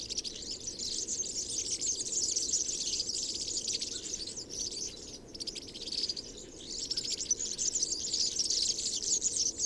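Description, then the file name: European serin song, a fast high jangling twitter sustained throughout, easing briefly near the midpoint before resuming. Recorded 22 January 2017 at Binsham. "Girlitz. Binsham. Susanne Rieck"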